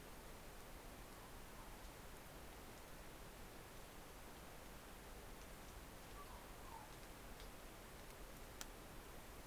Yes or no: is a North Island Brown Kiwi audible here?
no